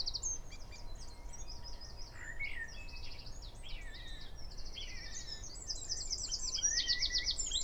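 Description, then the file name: Eurasian wren song pouring out nearly nonstop: rapid high trills and buzzy rattles, with lower slurred notes mixed in and a faint hum. "Troglodytes troglodytes"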